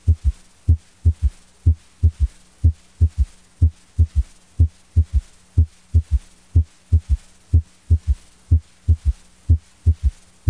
Right-sided S3 is heard best over the third, fourth, and fifth intercostal spaces along the left sternal border, or over the epigastric area. It is more prominent during inspiration. Severe tricuspid insufficiency is one of the conditions associated with a right-sided S3.